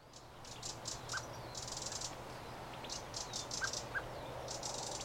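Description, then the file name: Eurasian wren giving dry stuttering rattles in clusters, with a low hum in the background. "Troglodytes troglodytes"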